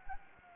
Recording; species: mosquito wingbeat signal from an infrared sensor; Anopheles gambiae